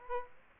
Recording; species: mosquito wingbeat signal from an infrared sensor; Aedes aegypti